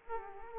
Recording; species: mosquito wingbeat signal from an infrared sensor; Aedes aegypti